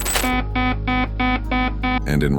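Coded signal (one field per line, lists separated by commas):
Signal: none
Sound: music sound effect beeps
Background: speech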